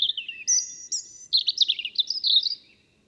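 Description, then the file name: European robin singing one continuous phrase of high, tinkling notes, starting with a few drawn-out whistles and breaking into a rapid, jumbled warble before fading out. "Erithacus rubecula"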